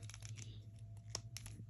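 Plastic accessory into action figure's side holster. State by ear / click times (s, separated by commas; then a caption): seated / 1.2 s, 1.4 s. A small plastic broom-handle accessory is pushed into the plastic holster on the side of a G.I. Joe Classified Cobra action figure, with soft plastic rustling and scraping over a steady low hum. Sharp clicks sound at about 1.2 s and 1.4 s as the accessory goes all the way in and locks in place.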